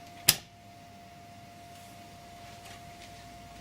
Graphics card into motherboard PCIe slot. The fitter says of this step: push down until it clicks home